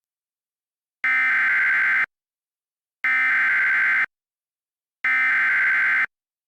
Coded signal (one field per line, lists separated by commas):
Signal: Emergency Alert System (SAME) tones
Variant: header bursts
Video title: EAS Alerts from 10/24/2023